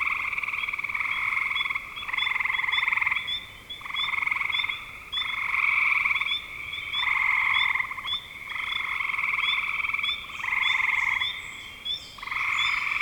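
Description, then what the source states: Frog chorus with rhythmic pulsed trills, each burst about a second long and separated by brief gaps, short high chirps above. Recorded in spring 2025.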